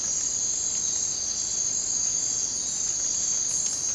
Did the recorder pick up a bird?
no